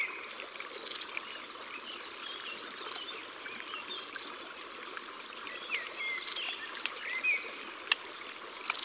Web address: Mesange a longue queue. abc de la nature